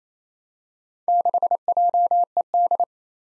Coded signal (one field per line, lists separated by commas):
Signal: Morse code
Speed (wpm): 28 wpm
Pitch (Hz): 700 Hz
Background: none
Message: 6JED